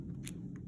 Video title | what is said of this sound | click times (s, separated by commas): End tidal CO2 on our GE monitors in ICU | Notice here, it's just gonna click right in. | 0.3 s